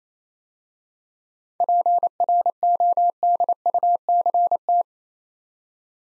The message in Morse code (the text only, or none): PRODUCT